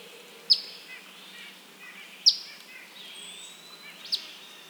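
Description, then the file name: Eastern Phoebe uttering three crisp, high chips at fairly regular intervals, short and clipped, against soft steady background noise. "Eastern Phoebe - Sayornis phoebe"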